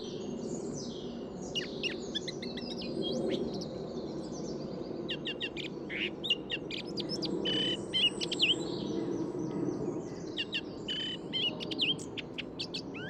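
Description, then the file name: Eurasian blackcap song: a run of quick, varied warbled notes and sharp chirps that pours on almost without pause over a steady low rumble of background noise. "Sylvia atricapilla"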